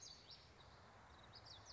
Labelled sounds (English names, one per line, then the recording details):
Common Yellowthroat
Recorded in Sonoma County, California